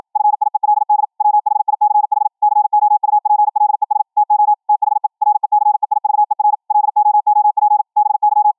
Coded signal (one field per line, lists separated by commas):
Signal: Morse code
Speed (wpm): 53 wpm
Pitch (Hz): 840 Hz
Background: none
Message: FIELD WHICH COUPLES TO THE RECEIVER LOOP BY